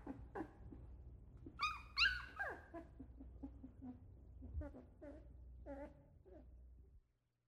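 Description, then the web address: Dog whimpers and yelps, a few high rising whines early, then shorter wavering cries at irregular intervals over a low steady hum, stopping abruptly near the end. Puppy crying in a kennel. "Madacy Music Group Inc 292 Sound Effects. Puppy Crying (Kennel)"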